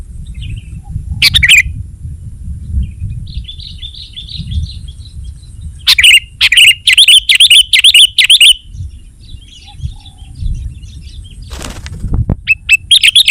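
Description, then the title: Sooty-headed bulbul singing a rapid run of chattering chirped phrases midway, with a softer warbling call earlier and scattered chirps later, against steady low background noise. "kutilang"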